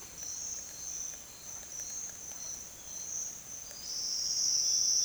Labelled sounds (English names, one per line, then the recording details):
none
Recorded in dense forest near Puerto Asís, Putumayo, Colombia, on 29 June 2025 at 08:30
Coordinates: 0.468, -76.322
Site GP03